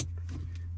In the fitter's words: you heard the second click